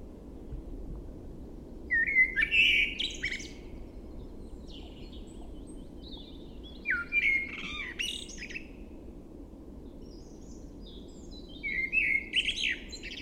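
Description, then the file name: Eurasian blackbird song: three brief fluted phrases roughly five seconds apart, each breaking into a scratchy high flourish, against a noisier rushing background hum. "Turdus merula"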